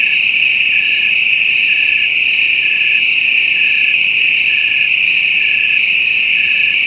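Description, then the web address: Crickets trilling in a steady, unbroken high-pitched drone, with a lower pulsed chirp repeating roughly every second and faint higher ticks above. Several crickets in a jungle. "Spectrasonics - Heart of Africa 1 Partition H 06 JUNGLE FX CRICKETS"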